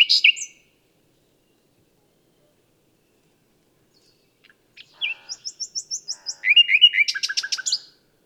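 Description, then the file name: Common nightingale song: a brief opening phrase, a long pause, then a run of high rapid notes followed by loud, sharp repeated chirps. "Luscinia megarhynchos"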